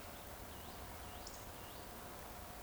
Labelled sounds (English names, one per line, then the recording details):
Eurasian Woodcock whistle
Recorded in Baden-Württemberg, Germany, on 15 June 2020 at 19:49 UTC
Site 14569, 102 m above sea level